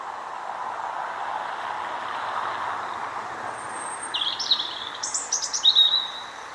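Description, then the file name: European robin song: after a stretch of low traffic rumble, a brief burst of high, thin, tumbling notes and bright trills arrives near the end. "Erithacus rubecula"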